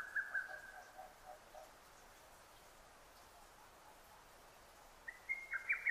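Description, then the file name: Lesser cuckoo phrases: one ends at the start and another bursts out near the end, with a quiet gap between them. Recorded 6 June 2009; Japanese name hototogisu. "hototogisu 20090606"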